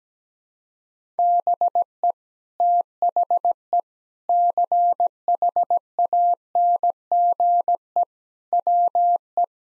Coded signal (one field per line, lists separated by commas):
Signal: Morse code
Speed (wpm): 17 wpm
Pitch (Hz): 700 Hz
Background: none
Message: BE THE CHANGE WE